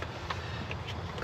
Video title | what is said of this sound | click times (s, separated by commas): 2007-13 Silverado 6.0 Bad Gas Mileage - Mass Air Flow Sensor - P0101 - Sierra, Avalanche, Tahoe | Clip the sensor back in. I heard it click, and you're done. | 0.3 s